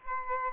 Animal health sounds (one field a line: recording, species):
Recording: mosquito wingbeat signal from an infrared sensor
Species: Aedes aegypti